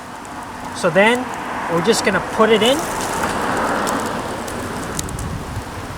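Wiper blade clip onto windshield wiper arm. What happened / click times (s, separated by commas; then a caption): The clip is handled but not yet seated / none. A new wiper blade's plastic clip is handled at the metal wiper arm hook while someone talks over a steady background hiss, with a few light taps and knocks near the end. The clip has not seated or clicked onto the arm yet.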